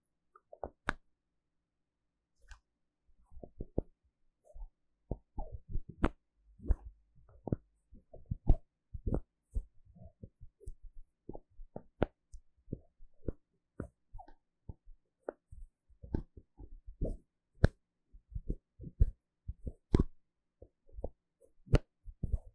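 Bottles and jars being tapped and handled, with bottle cap clicks. After a single tap and a short silence, sharp knocks and clicks come in quick, irregular bursts for the rest of the clip, some dull and low, others bright and ringing.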